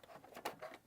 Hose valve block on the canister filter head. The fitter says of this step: completely to the off. It'll pop right up for you.